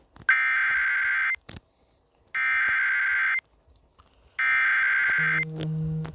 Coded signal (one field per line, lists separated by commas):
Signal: Emergency Alert System (SAME) tones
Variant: header bursts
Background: speech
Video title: Eas fire warning near Amarillo tx Eas#425